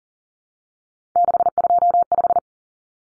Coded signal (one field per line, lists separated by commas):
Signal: Morse code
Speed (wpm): 40 wpm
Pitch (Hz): 700 Hz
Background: none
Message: 625